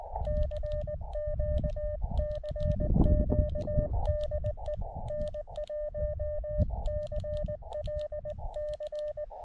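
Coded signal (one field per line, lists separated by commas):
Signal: Morse code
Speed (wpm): 19 wpm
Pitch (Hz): 1800 Hz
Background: none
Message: CQ CQ DE N1CLC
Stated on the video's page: Summits On The Air activation from Escudilla Mountain.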